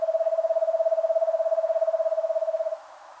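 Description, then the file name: Eastern screech owl delivering a steady, rapid tremolo of hooting notes at an unchanging pitch. It lasts under three seconds, then there is near silence. "Eastern Screech Owl Megascops asio"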